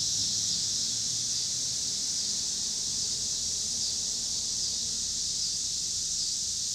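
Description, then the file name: Cicadas singing, a steady unbroken high buzzing drone that holds level throughout, with faint low rumbling of passing cars underneath. Recorded in Pittsburgh, Pennsylvania, on 26 August 2023, with car noise. "2023-08-26 cicadas and cars Pittsburgh PA"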